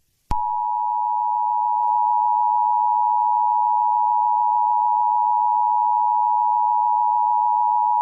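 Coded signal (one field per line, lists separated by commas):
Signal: Emergency Alert System (SAME) tones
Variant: 853 and 960 Hz attention tone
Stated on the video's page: Simulated, fictional EAS scenario.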